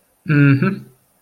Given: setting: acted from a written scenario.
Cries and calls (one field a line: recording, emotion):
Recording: vocal sound without words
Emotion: contempt